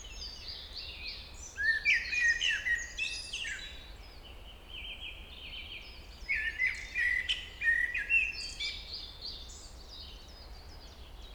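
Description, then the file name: Common blackbird singing twice, each a tumbling run of fluty notes and scratchy high twitters. "Turdus merula"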